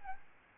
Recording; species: mosquito wingbeat signal from an infrared sensor; Aedes albopictus